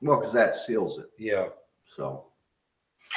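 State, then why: Not seated. Someone talks while handling the top cap of a small alcohol stove/fuel container from a survival box, about to press it onto the container so it snaps over the outer rim to seal. Speech fills most of the clip, followed by a brief burst of high-frequency noise at the very end. Nothing has snapped into place yet.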